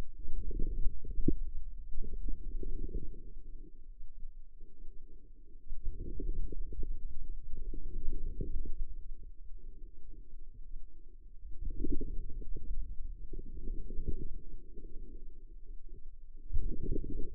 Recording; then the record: forearm muscle sounds (acoustic myography)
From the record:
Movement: outward rotation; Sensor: system 2, bracelet of six BSWA MPA416 microphones around the upper forearm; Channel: 1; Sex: female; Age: 25 years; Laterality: right